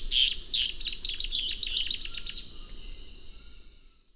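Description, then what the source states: Striated antbird calling a rapid run of sharp, high chip notes that then fades away. Recorded in Ecuador.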